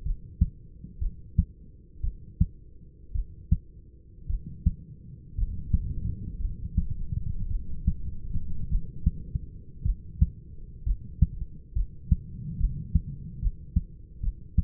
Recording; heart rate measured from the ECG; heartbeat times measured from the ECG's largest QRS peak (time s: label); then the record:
heart sounds by stethoscope; 59 bpm
0.03 s: heartbeat
0.99 s: heartbeat
2.01 s: heartbeat
3.13 s: heartbeat
4.27 s: heartbeat
5.36 s: heartbeat
6.38 s: heartbeat
7.48 s: heartbeat
8.69 s: heartbeat
9.83 s: heartbeat
10.84 s: heartbeat
11.74 s: heartbeat
12.58 s: heartbeat
13.40 s: heartbeat
14.21 s: heartbeat
From the record:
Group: healthy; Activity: cold pressor test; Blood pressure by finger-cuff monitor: 137/62 mmHg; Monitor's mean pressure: 88 mmHg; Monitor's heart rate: 58 bpm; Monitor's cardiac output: 6.4 L/min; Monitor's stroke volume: 113 mL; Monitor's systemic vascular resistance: 1000 dyn s/cm5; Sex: male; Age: 25 years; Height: 170 cm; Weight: 70.4 kg